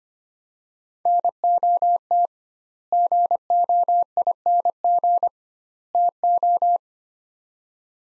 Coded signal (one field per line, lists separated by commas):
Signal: Morse code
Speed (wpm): 25 wpm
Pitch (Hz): 700 Hz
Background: none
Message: NOT GOING TO